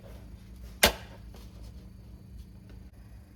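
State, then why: Seated. A white plastic retaining clip holding the water line on the back of a Samsung 4-door fridge is snapped closed during a filter assembly replacement. One sharp, loud click sounds at 0.8 s over a low steady hum, followed by a faint tick at 2.7 s. The clip is seated, shut around the water line.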